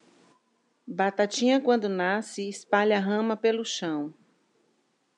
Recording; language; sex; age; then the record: short text; Brazilian Portuguese; female; 50 to 59 years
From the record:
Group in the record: control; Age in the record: 57 years